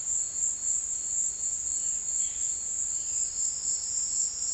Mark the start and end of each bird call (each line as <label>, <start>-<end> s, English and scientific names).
Violaceous Jay (Cyanocorax violaceus), 1.70-3.29 s